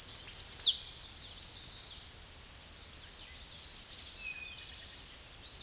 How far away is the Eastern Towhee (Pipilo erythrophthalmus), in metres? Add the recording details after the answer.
about 15 m. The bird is about 5 m above the microphone. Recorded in a Pennsylvania forest on 16 May 2024 at 08:29. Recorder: AudioMoth, point MSD-2074. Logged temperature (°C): 16.3 °C. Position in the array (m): 169 m, 189 m